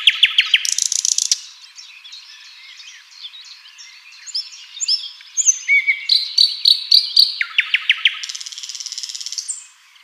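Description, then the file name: Common nightingale song: loud rapid repeated notes, then varied whistles and quick bursts of clicking trills. "Luscinia megarhynchos"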